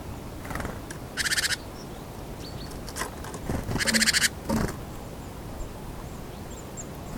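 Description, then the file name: Great tit giving harsh, buzzy churring calls in two short bursts a few seconds apart, over a steady low rumble and faint background chirps. "Parus major"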